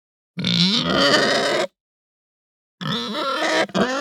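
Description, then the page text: Pig letting out two long, rough, harmonic squeals separated by a silent gap of about a second. Hampshire breed pig; angry grunting and squealing. "Hampshire Pig Grunt Squeal Angry. Quick Sounds"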